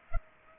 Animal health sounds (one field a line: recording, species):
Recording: mosquito wingbeat signal from an infrared sensor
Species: Culex pipiens